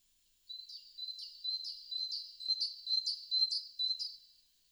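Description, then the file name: Great tit calls: one steady series of sharp, high, ringing notes repeated roughly twice a second for about four seconds. "Parus major"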